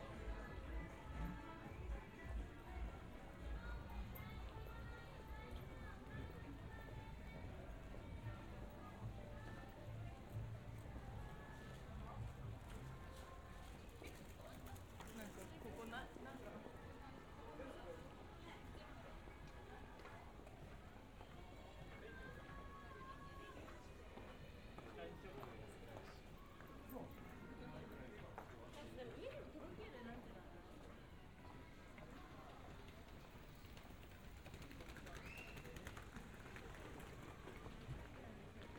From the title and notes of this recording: 3D AUDIO Walking in Harajuku(原宿)Tokyo, Japan.